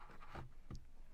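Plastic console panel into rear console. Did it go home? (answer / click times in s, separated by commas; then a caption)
no / none. A plastic console panel on the rear console of a Land Rover Defender L663 is held and pushed back into place. Soft handling and rubbing sounds are heard, with brief sharp transients around 0.7 s. Nothing has seated or clicked yet; the panel is not yet home.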